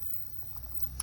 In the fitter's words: Snap right in.